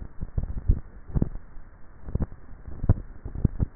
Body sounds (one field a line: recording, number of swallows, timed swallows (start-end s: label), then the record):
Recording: swallowing sounds by neck microphone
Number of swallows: 2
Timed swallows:
0.25-1.32 s: swallow
2.75-3.52 s: swallow
From the record:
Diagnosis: dysphagia